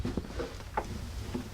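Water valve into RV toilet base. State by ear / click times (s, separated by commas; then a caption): seated / 0.8 s. A new plastic water valve is pressed into its mount on the base of a Thetford Aqua Magic Style II RV toilet as a replacement for an overflowing toilet. Soft handling noises come first, then a sharp pop at 0.8 s as the valve seats in place.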